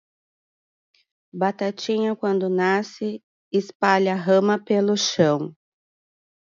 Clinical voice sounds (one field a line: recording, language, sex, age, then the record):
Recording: short text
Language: Brazilian Portuguese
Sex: female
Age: 40 to 49 years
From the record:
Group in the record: control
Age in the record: 48 years